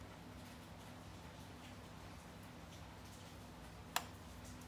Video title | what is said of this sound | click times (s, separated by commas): Tutorial Cara Upgrade Processor / CPU Laptop dari intel core i5 ke i7 (Upgrade HP 8470W i5 to i7) | oke Sampai bunyi klek | 4.0 s